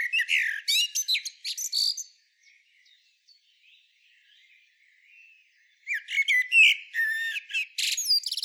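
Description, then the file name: Common blackbird calls: sharp high squeaks and twitters for about two seconds, near silence with faint chips, then another fast scratchy burst. "Turdus merula"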